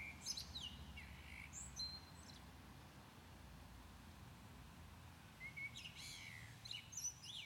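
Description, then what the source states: Common blackbird singing two mellow whistled phrases that break into high, thin squeaky notes, spaced about five seconds apart over a low rumbling background noise. Recorded at Maindy.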